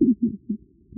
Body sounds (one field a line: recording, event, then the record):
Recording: neck accelerometer signal played as sound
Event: no cough (speech, laughter, throat clearing or background)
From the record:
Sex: female